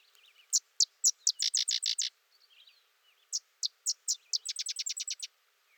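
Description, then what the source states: Sedge wren singing: separate loud dry chips that speed up into a quick rattling series, delivered twice in a few seconds, with faint bird twitters behind. Singing close by.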